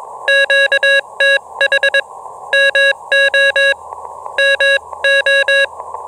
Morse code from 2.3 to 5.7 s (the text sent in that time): MO MO